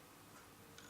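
A crimped wire terminal is pushed home into a plastic connector housing, with a single short, sharp click at 0.8 s over a faint steady background. The pin seats in the housing, making a perfect connection.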